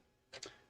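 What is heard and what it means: A 3D printed plastic fin is pushed into the slot on a model rocket body and clicks into place at 0.4 seconds, seating firmly. A short broadband rustle of the parts meeting comes just before the sharp click, which then fades quickly against a quiet background.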